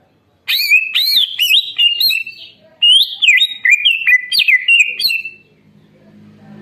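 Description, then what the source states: Leafbird song: rich, fast whistled phrases that swoop up and down, delivered in two bursts with a brief pause between them. Training and lure song for cage birds; singing actively (gacor).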